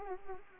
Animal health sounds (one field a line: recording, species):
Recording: mosquito wingbeat signal from an infrared sensor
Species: Anopheles arabiensis